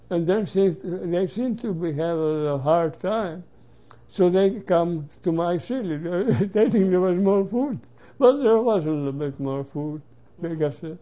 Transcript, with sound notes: And then, see, they seem to be having a hard time. So they come to my city (laughing) they think it was more food. But there was a little bit more food we got.